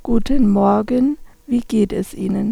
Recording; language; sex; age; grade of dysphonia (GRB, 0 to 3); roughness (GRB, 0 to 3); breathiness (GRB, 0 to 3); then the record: spoken sentence; German; female; 50 to 59 years; 2; 0; 2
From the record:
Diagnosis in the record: functional dysphonia, psychogenic dysphonia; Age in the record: 53 years